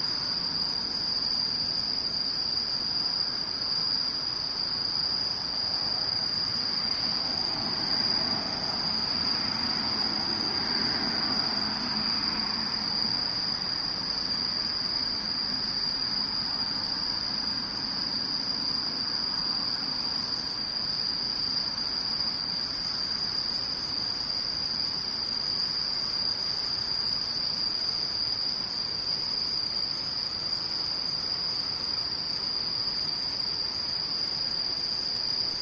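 Insects chirr without pause, a thin, high, steady trill that holds at the same pitch for the whole recording. A low rumble, like a passing vehicle, swells in the background around the middle, peaking near ten seconds before fading away.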